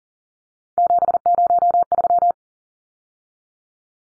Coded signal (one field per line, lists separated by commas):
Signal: Morse code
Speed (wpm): 40 wpm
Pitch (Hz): 700 Hz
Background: none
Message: 703